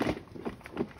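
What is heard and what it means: A Maxi-Cosi Lila Modular infant car seat, set forward-facing, is being handled and pushed down toward its base, which was manufactured in 2022. A few soft knocks and handling bumps are heard, the loudest at the very start, then quieter taps around 0.6 to 0.9 seconds. Nothing has seated or clicked yet.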